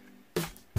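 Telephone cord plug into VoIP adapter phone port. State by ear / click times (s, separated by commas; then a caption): not seated / none. An RJ11 telephone cord from a standard cheap black desktop phone is handled as it is pushed toward the phone line one port of a VoIP adapter, with music playing in the background. Two short bursts of handling noise are heard, around 0.4 s and 0.8 s. Nothing has seated or clicked yet.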